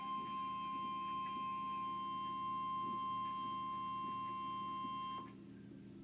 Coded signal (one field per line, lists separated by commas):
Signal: Emergency Alert System (SAME) tones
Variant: 1050 Hz attention tone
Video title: EAS Alert #71